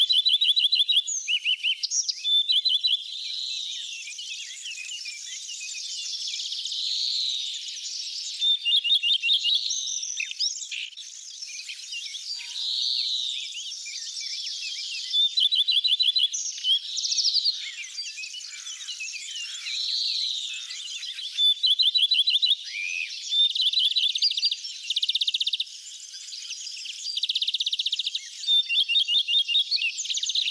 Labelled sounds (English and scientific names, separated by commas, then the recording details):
Common Redstart (Phoenicurus phoenicurus) song
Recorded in the wild
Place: Oberrotweil am Kaiserstuhl, Baden-Württemberg, DE
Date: 1991-05-19
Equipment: Dat-Recorder Casio DA 7, Telinga M2, stereo, Telinga-Parabolspiegel
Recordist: Schwarz, Dieter